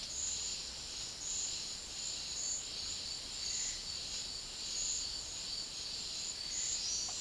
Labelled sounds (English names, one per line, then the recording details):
none
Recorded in dense forest near Puerto Asís, Putumayo, Colombia, on 19 February 2024 at 11:30
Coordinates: 0.500, -76.322
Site G6465